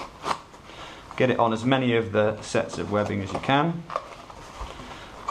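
A plastic MOLLE attachment bar is pushed into the webbing of a battle belt, giving a short, sharp click at 0.3 s as it locks in place. Someone then talks over faint handling noise.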